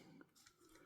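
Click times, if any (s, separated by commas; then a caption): 0.2 s, 0.5 s. A button on a plastic Mattel Jurassic World Rebirth Aerial Assault Quetzalcoatlus dinosaur figure is pushed to release the locked wing arm. Two short plastic clicks are heard at 0.2 s and 0.5 s, and the wing lock disengages.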